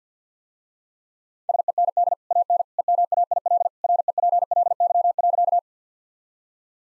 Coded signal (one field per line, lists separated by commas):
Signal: Morse code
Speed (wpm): 50 wpm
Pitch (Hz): 700 Hz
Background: none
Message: SEND AN EMAIL REPLY.